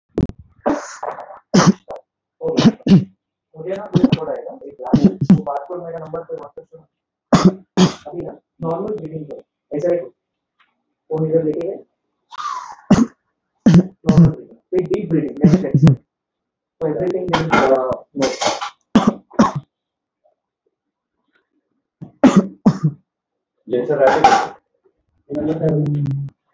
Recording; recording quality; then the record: shallow voluntary cough; moderate, slight background noise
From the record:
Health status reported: exposed to COVID-19, no respiratory illness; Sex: male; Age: 32 years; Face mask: not worn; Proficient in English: yes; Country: India